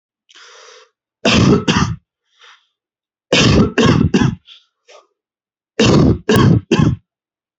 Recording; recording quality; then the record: heavy voluntary cough; excellent, no background noise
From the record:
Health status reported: healthy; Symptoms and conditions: none ticked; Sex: male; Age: 21 years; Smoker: not ticked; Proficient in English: no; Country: India